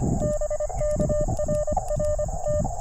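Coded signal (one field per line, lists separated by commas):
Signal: Morse code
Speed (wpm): 25 wpm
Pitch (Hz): 600 Hz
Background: none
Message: BK RR T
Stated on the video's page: CW Parks On The Air activation on a multi-state trail park.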